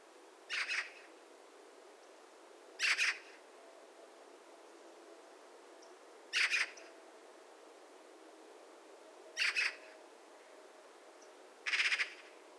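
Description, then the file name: Eurasian magpie harsh rattling chatter, five short grating bursts spaced roughly every two to four seconds, each a quick run of dry notes, over steady faint background hiss. "Pica pica"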